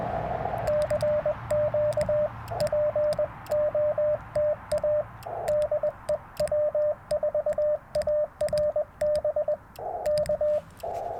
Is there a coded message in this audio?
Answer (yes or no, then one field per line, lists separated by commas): yes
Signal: Morse code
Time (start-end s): 0.7-10.6 s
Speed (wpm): 21 wpm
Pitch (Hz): 600 Hz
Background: radio noise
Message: CQ POTA DE W4ARB K